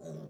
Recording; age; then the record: pig call; piglet (1 to 25 days)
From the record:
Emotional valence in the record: negative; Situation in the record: short isolation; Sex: female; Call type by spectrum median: low-frequency call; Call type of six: low-frequency stable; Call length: 0.30 s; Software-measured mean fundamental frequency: 51 Hz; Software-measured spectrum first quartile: 174 Hz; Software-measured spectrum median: 340 Hz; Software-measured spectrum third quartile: 613 Hz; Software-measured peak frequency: 580 Hz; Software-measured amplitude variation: 107 dB a second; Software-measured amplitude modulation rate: 28.5 a second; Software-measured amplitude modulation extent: 3.8 dB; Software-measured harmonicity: 2.2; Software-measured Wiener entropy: 0.05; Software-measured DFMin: 1154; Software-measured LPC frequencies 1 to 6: 540, 3845, 5909, 6589, 7909, 8926 Hz